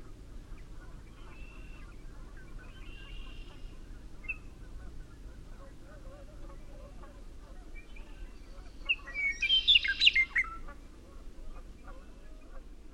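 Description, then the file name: Western meadowlark song: one bright, rich phrase of quick varied notes near the tenth second, after a few fainter notes earlier, over steady low rumbling background noise. "WMeadowlark"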